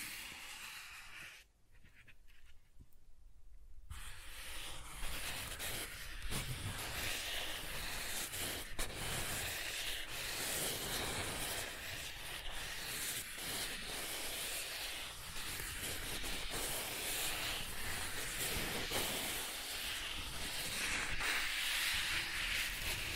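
Soft tracing across smooth and rough surfaces makes a continuous hissing rub, bright and airy with little low end. A brief near-silent pause comes early, around two to four seconds, then the scraping resumes steadily, with small uneven pulses as the texture changes.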